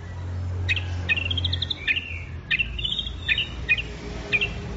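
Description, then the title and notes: Orange-headed thrush song in short whistled phrases, each beginning with a sharp note, some trailing into a brief trill, over low rumbling noise. Anis merah in full 'gacor' song, used for training songbirds. "Anis Merah Gacor Teler Untuk. Kumpulan Suara Burung Anis"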